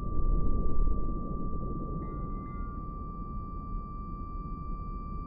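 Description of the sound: A steady high-pitched ringing tone holds over low rumble: simulated tinnitus for the main character of the film Baby Driver, made by repitching the Sony logo ping so that its infinite reverb tail turns into the sound of tinnitus.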